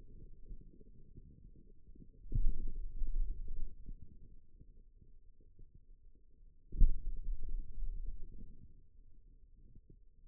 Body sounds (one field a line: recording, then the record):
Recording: forearm muscle sounds (acoustic myography)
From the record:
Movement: pen grasping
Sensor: system 2, bracelet of six BSWA MPA416 microphones around the upper forearm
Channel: 1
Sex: male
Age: 22 years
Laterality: right